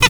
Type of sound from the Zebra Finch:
hat call